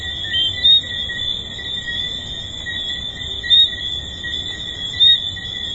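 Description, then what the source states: Tree frogs in a steady high-pitched chorus, with three louder clear whistled notes standing out, spaced a few seconds apart. Recorded at the Hedonism II resort.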